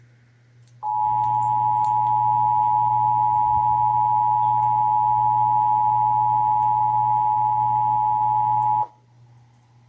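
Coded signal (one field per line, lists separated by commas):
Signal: Emergency Alert System (SAME) tones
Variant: 853 and 960 Hz attention tone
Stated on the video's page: Texas required monthly test heard on several radio and television stations.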